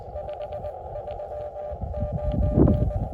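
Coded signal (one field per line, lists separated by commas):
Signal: Morse code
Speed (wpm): 22 wpm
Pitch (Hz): 600 Hz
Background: none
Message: 539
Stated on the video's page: CW park activation at a state park.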